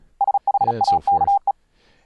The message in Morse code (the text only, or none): SHAKE